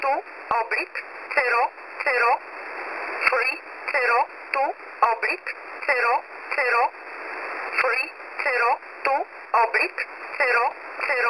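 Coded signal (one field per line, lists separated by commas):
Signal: numbers station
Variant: E11 Oblique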